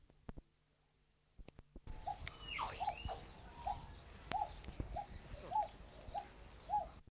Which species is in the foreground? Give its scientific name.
Geopelia humeralis